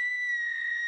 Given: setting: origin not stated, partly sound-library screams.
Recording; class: one-second piece from a danger detection set; woman in danger